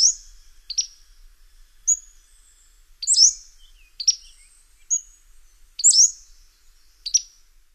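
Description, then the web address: Pacific-slope flycatcher song: thin, high, sharply slurred notes given singly about once a second, with short pauses between, over a quiet background. "Songs of Birds of North America Stokes. Pacific-slope Flycatcher"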